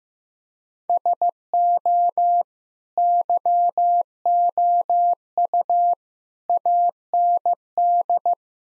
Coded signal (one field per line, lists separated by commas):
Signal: Morse code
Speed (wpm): 15 wpm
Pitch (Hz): 700 Hz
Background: none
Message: SO YOU AND